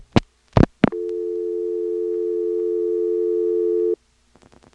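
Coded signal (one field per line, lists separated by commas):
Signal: telephone call progress tone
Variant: North America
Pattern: dial tone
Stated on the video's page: Call progress tone heard through a motel PBX, NX1 exchange in Siler City NC, 1977.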